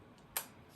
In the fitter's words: there you go one more you want to make sure they're all clicked in place so that's locked in